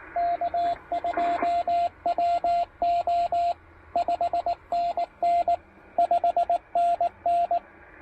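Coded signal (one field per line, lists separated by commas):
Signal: Morse code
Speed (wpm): 20 wpm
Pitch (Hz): 690 Hz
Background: radio noise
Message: K2WO 5NN 5NN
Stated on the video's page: QRP CW park activation on 20 and 40 meters.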